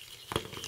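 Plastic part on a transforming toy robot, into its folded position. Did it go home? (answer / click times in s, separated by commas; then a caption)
no / none. A plastic part of a transforming toy robot is moved into an alternative folded position, producing a short burst of soft plastic rattling and scraping. The sharpest tap is at about 0.4 s, with lighter taps near 0.6 and 0.7 s. The part still fails to lock into place and nothing has clicked.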